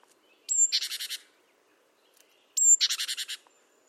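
Great tit call: a thin high whistle sliding into a buzzy, rapidly pulsed churr, given twice about two seconds apart in quiet surroundings.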